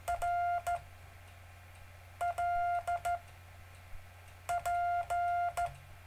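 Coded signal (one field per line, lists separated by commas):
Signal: Morse code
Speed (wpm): 14 wpm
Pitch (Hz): 700 Hz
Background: none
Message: R L P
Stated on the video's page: Live-streamed continuous circular Morse code practice.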